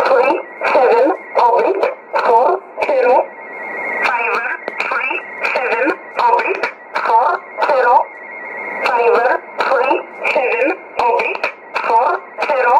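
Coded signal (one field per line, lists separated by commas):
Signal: numbers station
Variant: E11 Oblique, English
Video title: 28 02 2018 E11 Oblique Numbers station in English to Eu 0900 on 9446 unknown tx site in USB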